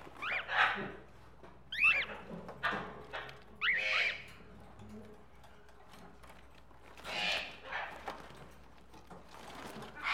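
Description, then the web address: Tropical birds calling: several quick rising-and-falling whistled sweeps early on, then scattered rough squawks. Various tropical birds together in a pet shop. "birds various tropical birds in a pet shop animal ambience"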